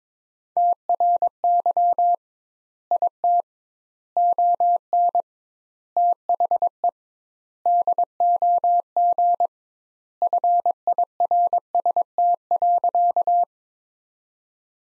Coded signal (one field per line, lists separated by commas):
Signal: Morse code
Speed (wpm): 22 wpm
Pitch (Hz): 700 Hz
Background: none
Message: TRY IT ON THE DOG FIRST.